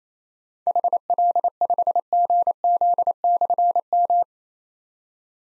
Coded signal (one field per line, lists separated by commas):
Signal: Morse code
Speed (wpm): 27 wpm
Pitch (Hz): 700 Hz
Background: none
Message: HL5GZ/M